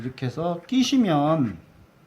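A cut plastic bottle front piece is being lined up with the protruding part behind the motor of a handmade handheld fan, ready to be pushed on until it snaps into place. Someone talks throughout, and no click is heard. Nothing has seated or clicked yet.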